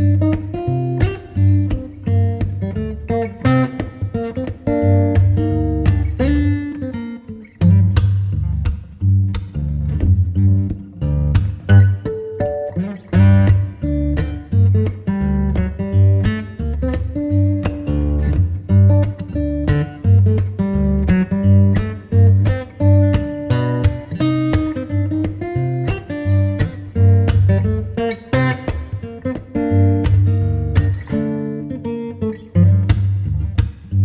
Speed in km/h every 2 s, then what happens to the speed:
131, 133, 133, 135, 135, 137, 137, 137, 138, 138, 133, 129, 111, 107, 103, 100, 96.
0-19 steady at about 135. 19-34 slows to 96.